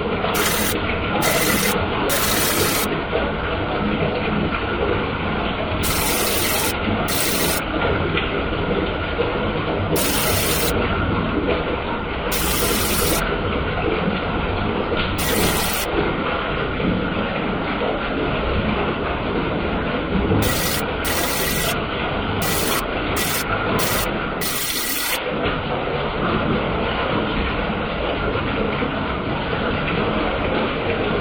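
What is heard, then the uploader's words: Bath water runs steadily, a dense, even rush that fills the whole range from a low rumble up to a bright hiss. The flow barely changes over the half minute, with only a brief dip in the churning around twenty-five seconds. Bath water recorded at Dorchminster Manor, Ditmas Park, Brooklyn, Spring 2009, by Dan Bodah.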